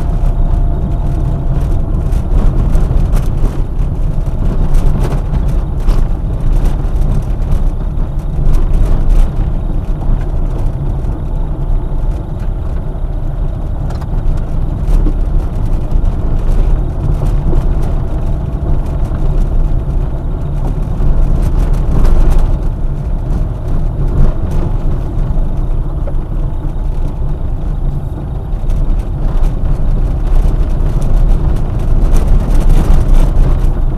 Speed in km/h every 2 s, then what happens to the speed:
27, 24, 23, 23, 24, 24, 26, 27, 27, 28, 26, 24, 20, 22, 24, 25, 25.
0-19 steady at about 24. 19-24 slows to 20. 24-34 steady at about 24.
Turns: none.